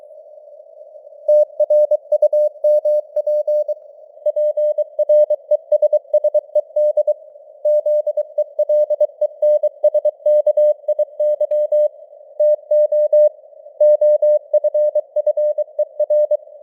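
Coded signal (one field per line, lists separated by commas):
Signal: Morse code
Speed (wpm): 23 wpm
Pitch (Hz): 600 Hz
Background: none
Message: TRUMP PRESSED ZELENSKIY TO OFFER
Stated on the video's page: Morse news headlines at 23 wpm with simulated radio noise and varying signal strength (QSB); experimental.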